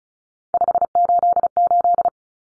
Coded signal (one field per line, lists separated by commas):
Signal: Morse code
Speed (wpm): 34 wpm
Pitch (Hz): 700 Hz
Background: none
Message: 588